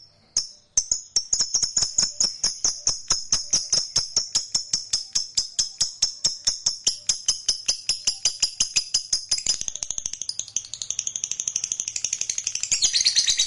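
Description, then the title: Lovebird chattering: a fast, steady series of shrill clicking chirps that speeds into a dense, high buzzy trill. "Suara Lovebird"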